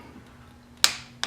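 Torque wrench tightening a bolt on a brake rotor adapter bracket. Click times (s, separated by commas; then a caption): 0.8 s. A torque wrench set to 26 Nm tightens a bolt on an oversized brake rotor adapter bracket on a motorcycle. It gives a sharp click at 0.8 s as it reaches the setting, followed by a softer click at 1.2 s.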